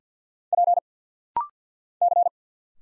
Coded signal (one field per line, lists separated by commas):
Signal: Morse code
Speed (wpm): 50 wpm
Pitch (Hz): 700 Hz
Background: none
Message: P C